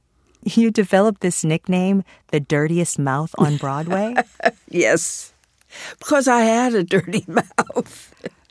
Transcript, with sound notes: You developed this nickname, the dirtiest mouth on Broadway?
(Laughter) Yes, because I had a dirty mouth.